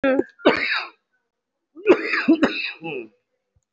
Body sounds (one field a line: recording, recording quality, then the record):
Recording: shallow voluntary cough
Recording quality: excellent, no background noise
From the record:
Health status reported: respiratory illness, not identified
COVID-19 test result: not tested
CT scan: not taken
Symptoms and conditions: cough, cold, breathing difficulty, sore throat, fatigue, chronic lung disease, pneumonia, another condition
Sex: male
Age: 62 years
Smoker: yes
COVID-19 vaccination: both doses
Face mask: worn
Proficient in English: no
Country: India